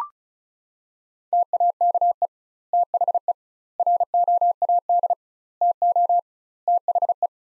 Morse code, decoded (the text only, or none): TAKE THE ROAD TO THE